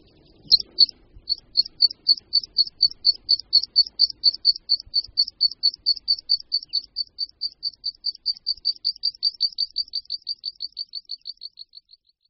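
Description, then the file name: Meadow pipit song: a long run of thin, high notes repeated rapidly, fading and falling slightly in pitch near the end. "Linduška-luční"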